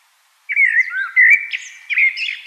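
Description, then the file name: Common blackbird giving a short burst of fluted, slurred whistles followed by a rising squeaky flourish. "Turdus merula"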